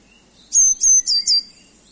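Eurasian blue tit giving four sharp, very high notes in quick succession, the later ones sliding downward, with a faint lower whistle underneath.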